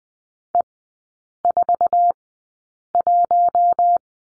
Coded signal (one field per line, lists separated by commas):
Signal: Morse code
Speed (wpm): 20 wpm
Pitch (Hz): 700 Hz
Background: none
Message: E41